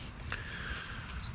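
The tilt lock on the transom bracket of a Tohatsu MFS6D 6-horsepower outboard motor gives its third click at 0.3 s as the outboard leg is given its final lift, a short sharp snap over steady broadband background noise. The tilt lock is seated and holds the motor in the fully raised position, confirmed as good.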